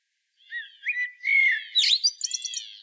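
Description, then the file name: Common blackbird giving a single song phrase, a mellow whistled warble that climbs and ends in a burst of high, scratchy twittering. "Turdus merula"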